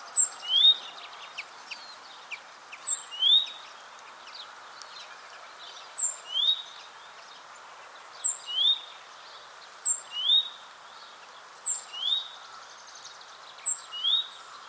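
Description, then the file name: Great tit giving a series of two-part phrases, a sharp high note then a lower upswept note, against a constant hiss. "Parus major"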